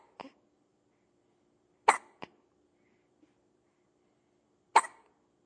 Baby Hiccuping.